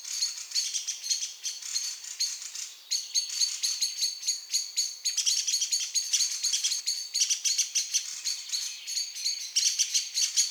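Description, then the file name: Common blackbird giving hurried, ringing chink notes in quick bursts, with brief pauses between runs and several notes overlapping. "Turdus merula"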